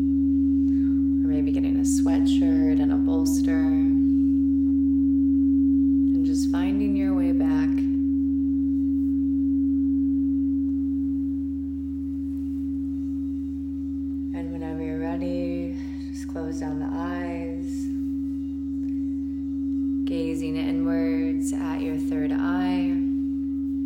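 A crystal bowl holds one steady, unbroken mid-low tone for the whole stretch, with a softer hum beneath it. Over the drone a voice comes in short bursts, around 1–4, 6–8, 14–18 and 20–23 seconds, with quieter gaps between.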